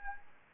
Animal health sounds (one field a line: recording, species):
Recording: mosquito wingbeat signal from an infrared sensor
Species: Anopheles arabiensis